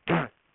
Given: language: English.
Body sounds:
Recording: throat vibration sensor signal played as sound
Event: throat clearing

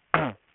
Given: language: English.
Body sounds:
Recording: throat vibration sensor signal played as sound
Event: throat clearing

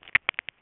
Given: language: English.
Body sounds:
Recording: throat vibration sensor signal played as sound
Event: swallow

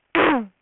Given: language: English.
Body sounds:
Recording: throat vibration sensor signal played as sound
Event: throat clearing

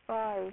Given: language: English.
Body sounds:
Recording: throat vibration sensor signal played as sound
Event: speech

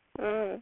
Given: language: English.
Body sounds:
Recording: throat vibration sensor signal played as sound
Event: speech

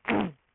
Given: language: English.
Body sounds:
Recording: throat vibration sensor signal played as sound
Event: throat clearing

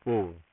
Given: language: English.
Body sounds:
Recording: throat vibration sensor signal played as sound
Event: speech

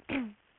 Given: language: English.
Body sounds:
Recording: throat vibration sensor signal played as sound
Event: throat clearing

